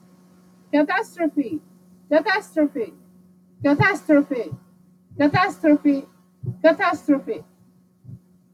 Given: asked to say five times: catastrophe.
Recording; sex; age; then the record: repeated word; female; 40 to 49 years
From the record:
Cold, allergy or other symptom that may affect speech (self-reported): no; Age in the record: 47 years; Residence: Florida, United States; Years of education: 15